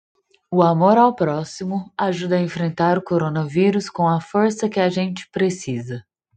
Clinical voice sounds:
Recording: spoken sentence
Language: Brazilian Portuguese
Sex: female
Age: 30 to 39 years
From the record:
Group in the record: control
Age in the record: 30 years

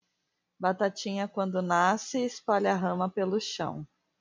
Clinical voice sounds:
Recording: short text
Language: Brazilian Portuguese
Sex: male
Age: 30 to 39 years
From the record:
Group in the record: control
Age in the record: 31 years

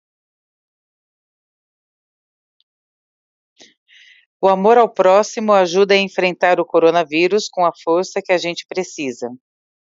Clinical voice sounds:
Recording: spoken sentence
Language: Brazilian Portuguese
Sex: female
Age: 40 to 49 years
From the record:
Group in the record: control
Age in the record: 46 years

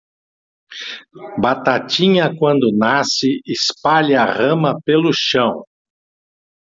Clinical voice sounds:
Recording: short text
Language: Brazilian Portuguese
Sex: male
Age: 60 to 69 years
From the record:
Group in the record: control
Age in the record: 68 years

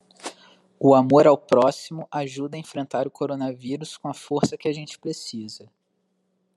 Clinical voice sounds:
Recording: spoken sentence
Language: Brazilian Portuguese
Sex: male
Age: 20 to 29 years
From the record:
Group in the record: control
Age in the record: 25 years

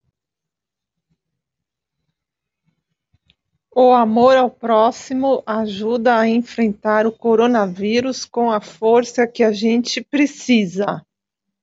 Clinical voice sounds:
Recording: spoken sentence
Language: Brazilian Portuguese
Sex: female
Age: 40 to 49 years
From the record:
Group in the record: control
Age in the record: 47 years

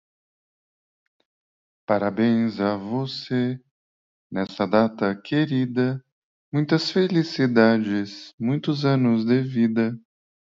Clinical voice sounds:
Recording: short text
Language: Brazilian Portuguese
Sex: male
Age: 50 to 59 years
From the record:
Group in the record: control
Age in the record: 50 years

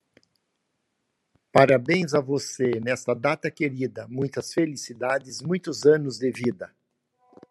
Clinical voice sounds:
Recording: short text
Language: Brazilian Portuguese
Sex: male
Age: 60 to 69 years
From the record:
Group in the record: control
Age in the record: 63 years

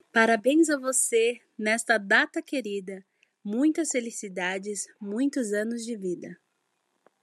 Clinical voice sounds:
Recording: short text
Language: Brazilian Portuguese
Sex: female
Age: 20 to 29 years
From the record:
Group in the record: control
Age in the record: 25 years

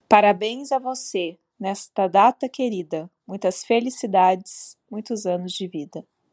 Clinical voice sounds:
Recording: short text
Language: Brazilian Portuguese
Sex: female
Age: 30 to 39 years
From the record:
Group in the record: control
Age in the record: 33 years

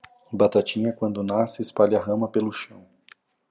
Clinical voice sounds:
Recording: short text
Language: Brazilian Portuguese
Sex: male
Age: 40 to 49 years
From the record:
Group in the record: control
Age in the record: 41 years

